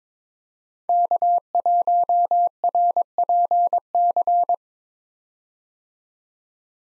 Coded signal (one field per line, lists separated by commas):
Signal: Morse code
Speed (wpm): 22 wpm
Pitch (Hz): 700 Hz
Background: none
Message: K1RPC